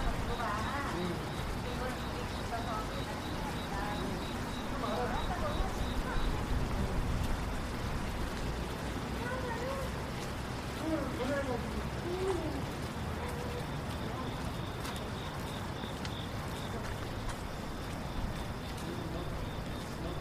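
Cars pass along a rainy street while people murmur in the background, with a steady low rumble of traffic throughout. A faint, rapid ticking pulse runs high above for much of the clip, and scattered voices rise briefly around the middle.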